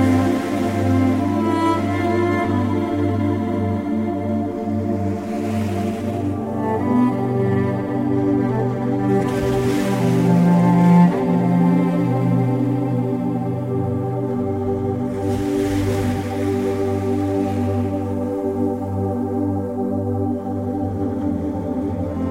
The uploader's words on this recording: Ocean Waves Sounds With Relaxing Music.